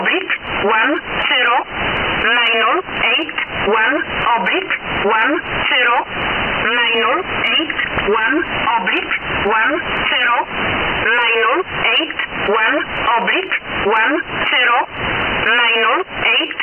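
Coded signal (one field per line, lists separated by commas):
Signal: numbers station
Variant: E11a (Oblique)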